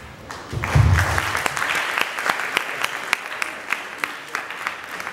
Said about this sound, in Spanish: Bueno, muchas gracias otra vez a nuestro ponente, Dante, un fuerte aplauso por favor.